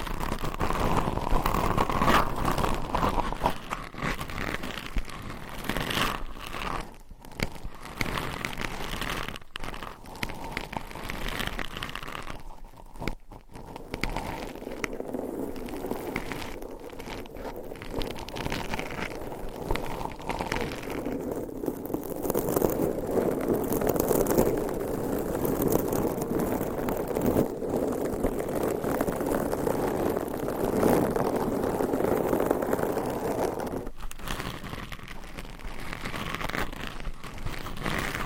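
Continuous scratching with nails across microphones and covers, a dense rough rustle that never lets up. The texture shifts every few seconds as surfaces change, with brief dropouts near 7 and 13 seconds and a lower, fuller grinding stretch from about 22 to 33 seconds.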